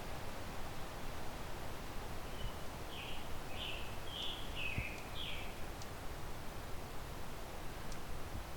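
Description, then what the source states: Scarlet Tanager song: a run of about six raspy, burry phrases lasting around three seconds midway, over constant low background rumble. Male singing loudly in a very hilly conservation area (…Park Conservation Area), on a late May afternoon; probably on territory for about a week.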